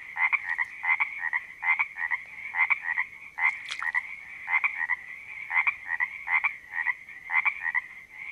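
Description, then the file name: Frogs giving short double croaks in regular bursts roughly every half second to second, over a constant trilling background chorus. Frogs recorded at a creek in Panoche Valley, California, on 02-04-08 (2008). "OMV-02-04-08-Panoche Valley CA Creek Frogs"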